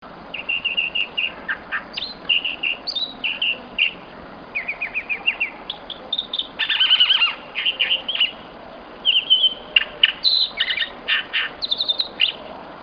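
Chalk-browed mockingbird calls and phrases: varied, chattering bursts and repeated notes, some harsh and some clear, delivered in quick succession throughout with a steady low background hiss.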